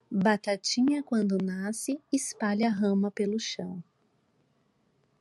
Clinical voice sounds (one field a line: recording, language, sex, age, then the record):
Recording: short text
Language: Brazilian Portuguese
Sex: female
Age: 40 to 49 years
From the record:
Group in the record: control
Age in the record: 41 years